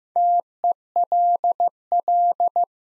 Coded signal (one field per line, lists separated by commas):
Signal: Morse code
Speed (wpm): 15 wpm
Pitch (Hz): 700 Hz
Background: none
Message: TELL